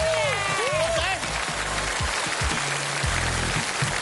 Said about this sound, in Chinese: 系啊！ 掌声欢迎师傅黄俊英老师。